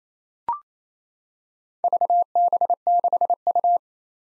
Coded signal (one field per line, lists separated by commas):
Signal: Morse code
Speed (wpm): 29 wpm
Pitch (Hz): 700 Hz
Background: none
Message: VB6U